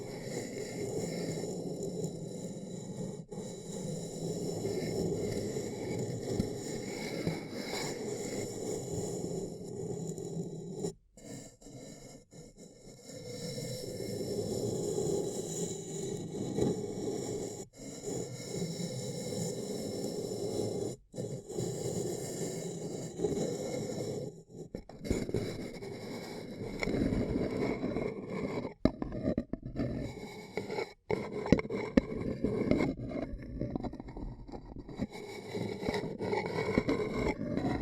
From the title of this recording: Ear Cupping Triggers